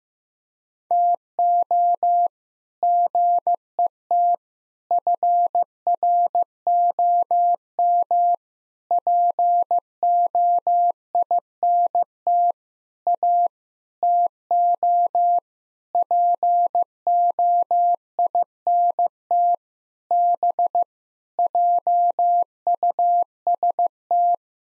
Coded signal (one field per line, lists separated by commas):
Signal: Morse code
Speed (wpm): 15 wpm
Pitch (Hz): 700 Hz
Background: none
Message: TO GET FROM POINT A TO POINT B JUST